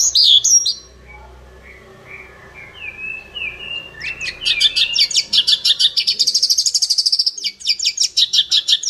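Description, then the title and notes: Bird song: a few high sweeping whistles, then after a lull a fast rapid trill of high chirps and rattles, with a faint low hum beneath. Bird song for training pet birds. "Suara Burung. Suara Kicauan Burung untuk memaster burung kesayangan"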